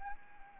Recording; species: mosquito wingbeat signal from an infrared sensor; Anopheles arabiensis